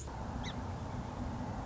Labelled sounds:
Song Sparrow (Melospiza melodia)
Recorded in Sonoma County, California

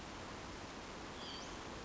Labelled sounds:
Western Flycatcher (Empidonax difficilis)
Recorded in Sonoma County, California

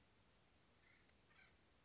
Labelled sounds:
Acorn Woodpecker (Melanerpes formicivorus)
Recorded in Sonoma County, California

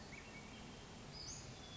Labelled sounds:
Western Flycatcher (Empidonax difficilis)
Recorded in Sonoma County, California

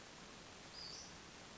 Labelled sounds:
Western Flycatcher (Empidonax difficilis)
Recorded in Sonoma County, California

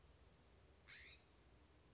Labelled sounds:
California Scrub-Jay (Aphelocoma californica)
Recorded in Sonoma County, California

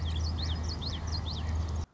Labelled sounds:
Common Yellowthroat (Geothlypis trichas)
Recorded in Sonoma County, California

